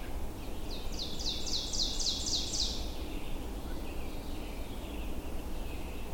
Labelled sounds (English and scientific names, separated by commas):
Ovenbird (Seiurus aurocapilla) song